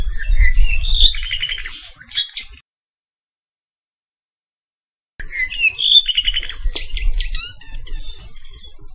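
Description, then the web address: Apapane calling: rising whistles leading into buzzy, rattling trills, then a long pause before a similar phrase returns, over a low rumbling background. Saddle Road, Hawaii. "Saddle Road Birding Songfiles apapanelong"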